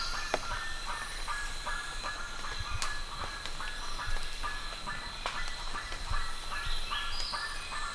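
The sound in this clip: Bird calls, a regular series of short clipped notes, with a steady high background tone and a few sharp clicks.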